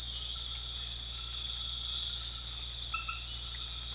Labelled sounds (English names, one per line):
none